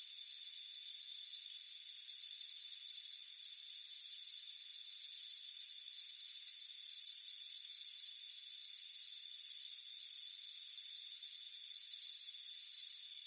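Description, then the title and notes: Crickets chirping in short high pulsed bursts, repeated roughly every second, over a steady high-pitched insect drone. Crickets chirping on a warm afternoon by a front porch with a hammock. "Soothing Crickets Chirping Sound. It's a warm afternoon as you relax in a hammock on the front porch. Relax and fall asleep to the soothing sound of chirping crickets"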